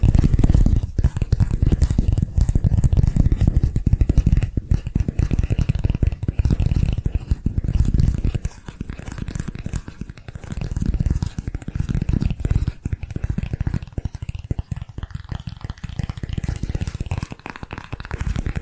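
ASMR tapping on different areas in dense, rapid bursts that crackle and rustle almost without pause. Low thumps carry much of the sound, with brief quieter gaps near 1 and 5 seconds and a softer, sparser stretch after about 8 seconds.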